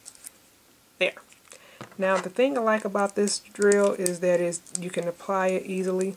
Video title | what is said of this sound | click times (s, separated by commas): Nail Drill Comparisons | to loosen it if you heard that click there | 0.1 s